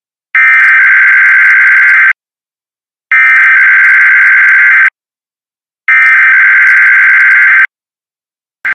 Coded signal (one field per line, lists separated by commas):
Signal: Emergency Alert System (SAME) tones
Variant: header bursts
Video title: The last NOAA Weather Radio Weeklies for 2021 (EAS #799-#813)